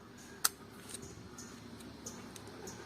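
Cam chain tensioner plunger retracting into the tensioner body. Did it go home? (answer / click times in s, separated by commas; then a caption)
yes / 0.5 s. A small screwdriver is turned to the right inside the cam chain tensioner from a Hunk bike cylinder head, winding the plunger inward into the tensioner body. A sharp click at 0.5 s marks the plunger locking in, followed by fainter ticks at about 1.0, 2.1 and 2.4 s over a low steady background. The plunger is locked and seated.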